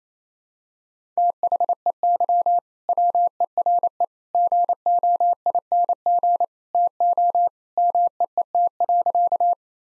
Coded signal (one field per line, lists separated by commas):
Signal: Morse code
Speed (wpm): 28 wpm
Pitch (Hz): 700 Hz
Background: none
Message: THEY WERE GOING TO MEET.